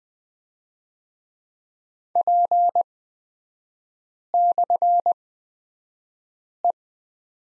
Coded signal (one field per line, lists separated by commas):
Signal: Morse code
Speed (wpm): 20 wpm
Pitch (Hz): 700 Hz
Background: none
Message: P/E